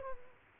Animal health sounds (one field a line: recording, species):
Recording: mosquito wingbeat signal from an infrared sensor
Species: Culex quinquefasciatus